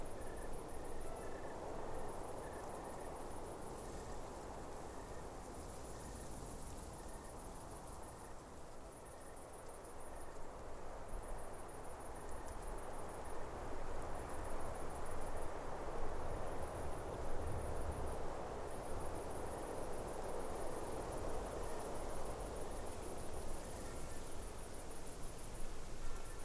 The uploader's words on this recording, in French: Endormez vous au sommet d'une montagne bercé par les sons de la nature.